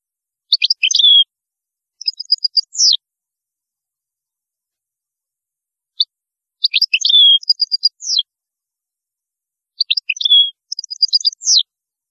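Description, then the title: European goldfinch song in three bursts, each a quick run of high tinkling notes ending in a sweeping twitter; no other sounds. "Chant Chardonneret"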